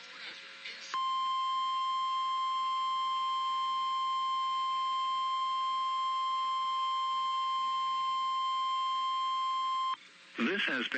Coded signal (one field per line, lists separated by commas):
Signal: Emergency Alert System (SAME) tones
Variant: 1050 Hz attention tone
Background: speech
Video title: Required Weekly Test [EAS #218]